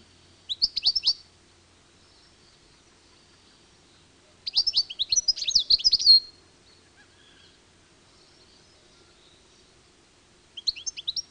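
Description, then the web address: European goldfinch song: three bursts of fast, liquid, twittering notes high in pitch, the middle phrase longest, separated by long silences. "Madarak Tengelic"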